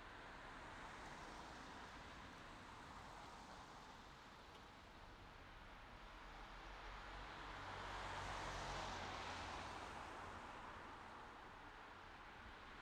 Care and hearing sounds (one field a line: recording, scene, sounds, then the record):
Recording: everyday scene through a hearing-aid microphone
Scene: in traffic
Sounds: traffic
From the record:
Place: city secondary road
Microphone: in the ear canal, left